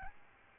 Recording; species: mosquito wingbeat signal from an infrared sensor; Aedes albopictus